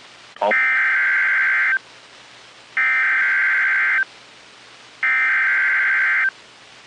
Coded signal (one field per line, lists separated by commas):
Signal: Emergency Alert System (SAME) tones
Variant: header bursts